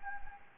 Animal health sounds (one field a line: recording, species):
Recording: mosquito wingbeat signal from an infrared sensor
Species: Anopheles gambiae